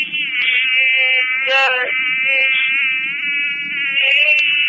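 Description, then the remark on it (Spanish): A loud, steady high-pitched mosquito whine heard over a phone line from the Botanical Garden drones through the whole clip, with stacked harmonics wavering slightly in pitch and a few brief tonal blips underneath. “Escuchamos zumbidos.”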